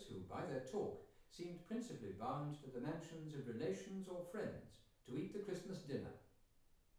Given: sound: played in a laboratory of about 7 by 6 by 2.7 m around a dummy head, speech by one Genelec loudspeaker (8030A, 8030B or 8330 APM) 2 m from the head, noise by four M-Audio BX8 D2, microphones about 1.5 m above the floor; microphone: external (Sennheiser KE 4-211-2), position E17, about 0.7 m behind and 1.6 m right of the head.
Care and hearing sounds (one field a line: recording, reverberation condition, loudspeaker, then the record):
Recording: male speech in English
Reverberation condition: medium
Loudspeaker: 30 degrees to the right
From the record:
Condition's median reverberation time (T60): about 510 ms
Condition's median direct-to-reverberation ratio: about -0.5 dB